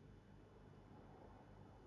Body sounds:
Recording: background sound without coughing

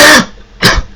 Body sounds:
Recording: coughing

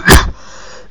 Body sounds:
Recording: coughing

